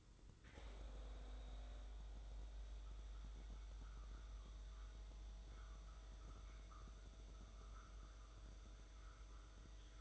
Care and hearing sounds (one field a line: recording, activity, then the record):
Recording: daily activity, microphone in the room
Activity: make coffee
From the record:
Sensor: 3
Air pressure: 995.1 hPa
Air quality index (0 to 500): 71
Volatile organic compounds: 4 ppm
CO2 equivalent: 1640 ppm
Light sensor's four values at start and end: 17/50/21/18 and 17/50/21/18